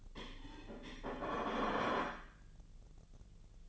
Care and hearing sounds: daily activity, microphone in the room; place plate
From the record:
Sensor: 4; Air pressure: 1010.2 hPa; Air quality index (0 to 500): 182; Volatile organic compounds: 6 ppm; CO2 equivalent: 1839 ppm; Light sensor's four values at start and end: 31/92/36/36 and 31/92/36/36

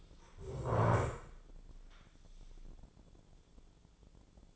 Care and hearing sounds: daily activity, microphone in the room; stand up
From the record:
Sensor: 5

